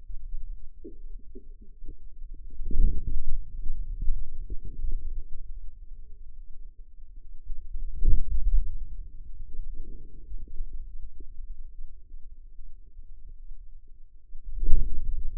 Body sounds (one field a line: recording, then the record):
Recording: forearm muscle sounds (acoustic myography)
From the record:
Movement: hand closing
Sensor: system 2, bracelet of six BSWA MPA416 microphones around the upper forearm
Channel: 6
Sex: female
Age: 25 years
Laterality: right